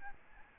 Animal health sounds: mosquito wingbeat signal from an infrared sensor; Aedes albopictus

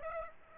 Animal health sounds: mosquito wingbeat signal from an infrared sensor; Aedes aegypti

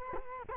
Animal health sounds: mosquito wingbeat signal from an infrared sensor; Culex quinquefasciatus

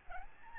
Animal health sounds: mosquito wingbeat signal from an infrared sensor; Aedes albopictus

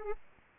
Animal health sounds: mosquito wingbeat signal from an infrared sensor; Anopheles arabiensis

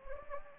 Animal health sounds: mosquito wingbeat signal from an infrared sensor; Anopheles gambiae

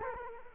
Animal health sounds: mosquito wingbeat signal from an infrared sensor; Culex quinquefasciatus

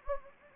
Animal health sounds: mosquito wingbeat signal from an infrared sensor; Anopheles gambiae

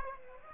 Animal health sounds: mosquito wingbeat signal from an infrared sensor; Aedes aegypti

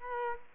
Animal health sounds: mosquito wingbeat signal from an infrared sensor; Culex quinquefasciatus

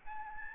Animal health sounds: mosquito wingbeat signal from an infrared sensor; Aedes albopictus

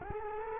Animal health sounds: mosquito wingbeat signal from an infrared sensor; Culex quinquefasciatus

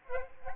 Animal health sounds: mosquito wingbeat signal from an infrared sensor; Aedes albopictus

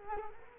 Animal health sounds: mosquito wingbeat signal from an infrared sensor; Culex quinquefasciatus

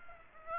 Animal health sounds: mosquito wingbeat signal from an infrared sensor; Aedes aegypti

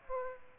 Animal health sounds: mosquito wingbeat signal from an infrared sensor; Aedes aegypti

